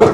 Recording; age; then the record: pig call; growing-finishing pig (85 days or more)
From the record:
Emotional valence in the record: positive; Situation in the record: run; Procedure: transit